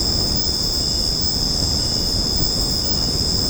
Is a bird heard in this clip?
no